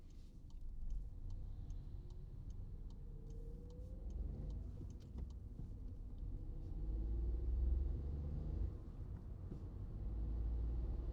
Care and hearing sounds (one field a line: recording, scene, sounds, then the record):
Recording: everyday scene through a hearing-aid microphone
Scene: in a vehicle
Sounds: engine, highway driving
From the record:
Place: Skoda Fabia, gasoline engine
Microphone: in the ear canal, right